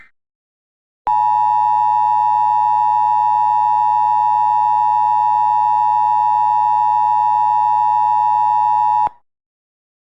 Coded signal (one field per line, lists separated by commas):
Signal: Emergency Alert System (SAME) tones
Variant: 853 and 960 Hz attention tone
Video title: EAS Scenario: The Great Detroit Tornado Outbreak